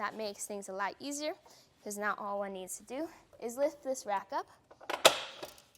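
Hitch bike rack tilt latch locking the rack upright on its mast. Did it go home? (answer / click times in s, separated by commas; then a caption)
yes / 5.1 s. Someone talks while a loaded Thule Verse 2-bike hitch-mounted rack (TH64SA) on a 2023 Kia Seltos is lifted from its tilted-away position back to upright. Its tilt latch snaps into place on the mast with a sharp click at 5.1 s, locking the rack upright and ready to drive.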